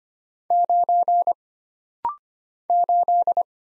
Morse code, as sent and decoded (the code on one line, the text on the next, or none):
----. / ---..
9 8